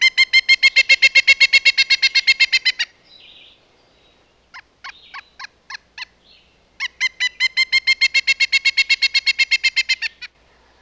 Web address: Pileated Woodpecker